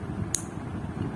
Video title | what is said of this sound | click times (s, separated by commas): Toyota Yaris/Vios (Automatic Only) Cruise Control Installation - Cruise Control A-Z Installation | once you are done with removing a wire you can simply push here and it will make a click sound | 0.4 s